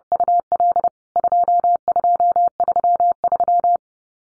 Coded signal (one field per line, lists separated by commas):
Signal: Morse code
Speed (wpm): 30 wpm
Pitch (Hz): 700 Hz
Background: none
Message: UL 2233